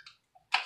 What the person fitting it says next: snaps right in